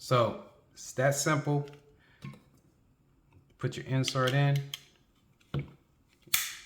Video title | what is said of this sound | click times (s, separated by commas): Dawson Precision Magwell install on the Gen 5 Glock 34 with the large backstrap (no moon cut) | it just snaps into place I mean | 6.3 s